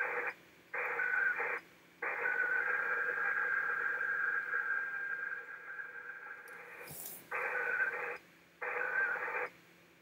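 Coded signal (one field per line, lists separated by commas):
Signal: HF data modem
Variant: ARDOP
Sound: hissy data bursts switching on and off, one long burst then shorter ones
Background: radio static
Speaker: let me try connecting again and let's see if have better luck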